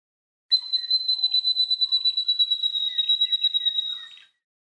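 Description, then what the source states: Eastern Spinebill call, a rapid series of high, thin piping notes on one steady pitch, pulsing quickly for almost four seconds, with faint chirps beneath. A honeyeater with a very distinct call.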